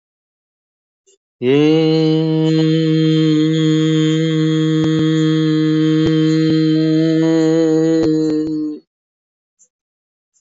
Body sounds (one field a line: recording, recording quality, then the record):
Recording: sustained vowel as in made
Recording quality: excellent, no background noise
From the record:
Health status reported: exposed to COVID-19, no respiratory illness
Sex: male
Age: 45 years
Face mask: not worn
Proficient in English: yes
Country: India